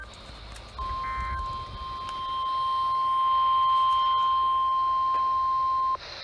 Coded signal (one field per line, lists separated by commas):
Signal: Emergency Alert System (SAME) tones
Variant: 1050 Hz attention tone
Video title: NOAA Weather Radio Weekly Tests EAS (#1609-1610)